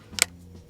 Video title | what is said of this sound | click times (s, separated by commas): skycruiser Metal Detector (TX-910) | see it's supposed to be about arm's length maybe like right here get it locked into place | 0.2 s